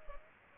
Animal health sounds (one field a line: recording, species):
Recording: mosquito wingbeat signal from an infrared sensor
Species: Culex pipiens